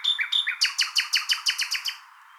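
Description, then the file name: Common nightingale song: two short introductory notes, then a loud, steady series of about ten harsh, repeated descending notes fading at the end. "Luscinia megarhynchos"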